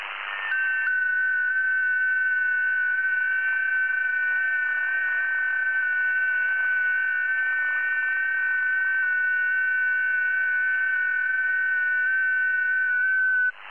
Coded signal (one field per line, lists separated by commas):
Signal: FT8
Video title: QSO with RK3DWA/1 on 40 meter band